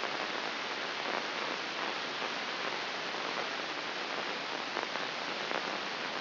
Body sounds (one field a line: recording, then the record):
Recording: brain microelectrode recording played as sound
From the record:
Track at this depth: inside the subthalamic nucleus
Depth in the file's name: 3.824 mm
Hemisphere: left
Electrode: 2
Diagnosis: Parkinson's disease